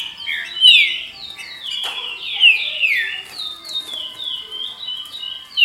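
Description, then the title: Green-winged saltator: loud, swooping downslurred whistles interspersed with steadier, flatter notes, with a single sharp click in between. "Trinca Ferro"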